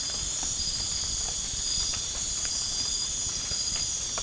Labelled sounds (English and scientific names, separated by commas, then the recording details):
none
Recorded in pastures near Puerto Asís, Putumayo, Colombia, on 30 June 2025 at 23:30
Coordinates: 0.466, -76.322
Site GP07